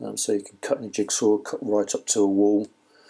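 Someone talks over a flush-cut jigsaw-type blade from Sabre Cut being handled for insertion into the handle of a Toolan 8-in-1 multi saw, where it is meant to lock in place. Only speech is heard, and the blade has not yet seated or clicked into the handle.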